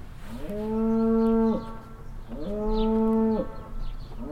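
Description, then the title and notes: Cow mooing: two steady, level moos each about a second long, separated by a short pause. Cow at a farmstead near a willow in Heiderscheid, mooing constantly and loudly while moving behind a bush. "Heiderscheid - farmstead cow. At a farmstead nearby a willow. A constantly loud mooing cow and moves behind a bush. Other cows answer more silently"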